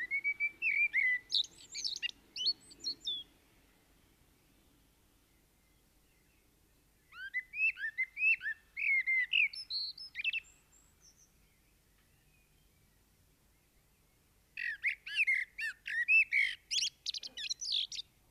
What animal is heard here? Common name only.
Common Blackbird